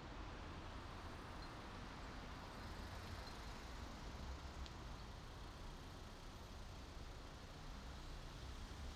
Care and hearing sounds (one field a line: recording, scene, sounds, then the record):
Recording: everyday scene through a hearing-aid microphone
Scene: in traffic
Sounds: traffic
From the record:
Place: main city hub, rush hour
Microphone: in the ear canal, right